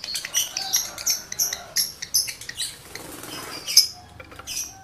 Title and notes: Birahi Lovebird Jantan ke Gacor. Pancingan Suara Lovebird jantan birahi ini sangat manjur untuk burung Lovebird Anda